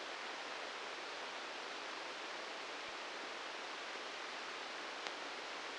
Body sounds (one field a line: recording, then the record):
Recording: brain microelectrode recording played as sound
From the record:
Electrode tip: outside the subthalamic nucleus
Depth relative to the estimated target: -3 mm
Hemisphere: right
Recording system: NeuroSet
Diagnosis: Parkinson's disease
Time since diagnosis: 19 years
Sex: female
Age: 69 years